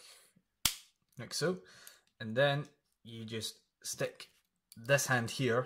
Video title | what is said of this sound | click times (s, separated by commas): Mechanical Complete Model Code Geass KMF Lancelot Conquista Review | should hear an audible click, like so. | 0.7 s